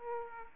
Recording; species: mosquito wingbeat signal from an infrared sensor; Aedes aegypti